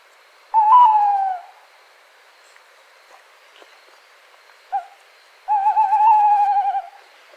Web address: strix aluco call